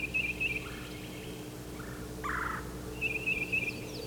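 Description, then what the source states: Titmouse calls: quick runs of high chipping notes alternate with short, harsh buzzy notes lower down, against a steady hum. Banded bird calling again in a bare turkey oak, in a back-and-forth exchange started by another bird down at the crossing.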